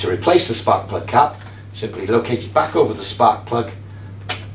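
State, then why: Seated. Someone talks while the rubber spark plug cap is placed back over the spark plug of a Hyundai HYM460SP lawn mower engine and pushed down firmly. A short, sharp click at 4.3 s marks the cap seating onto the spark plug, over a steady low hum.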